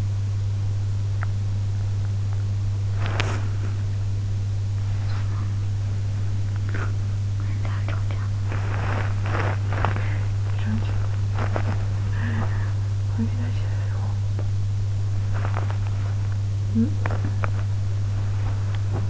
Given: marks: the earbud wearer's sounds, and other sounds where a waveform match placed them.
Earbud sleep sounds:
sounds in sleep by an in-ear microphone; body movement
2.94-3.43 s: body movement
6.67-19.10 s: body movement
10.60-16.95 s: sound from someone else or the room

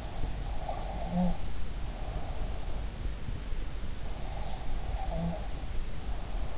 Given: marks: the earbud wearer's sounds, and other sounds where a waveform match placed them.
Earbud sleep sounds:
sounds in sleep by an in-ear microphone; breath, snoring breath
0.52-2.56 s: breath
1.07-1.51 s: snoring breath
4.62-6.58 s: breath

